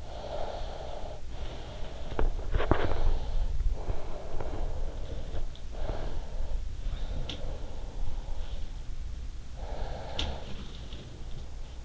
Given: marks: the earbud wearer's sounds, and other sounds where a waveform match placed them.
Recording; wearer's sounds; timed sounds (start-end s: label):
sounds in sleep by an in-ear microphone; breath, body movement
0.00-2.46 s: breath
2.17-3.54 s: body movement
2.78-5.59 s: breath
5.72-8.57 s: breath
9.42-11.85 s: breath
10.00-10.54 s: sound from someone else or the room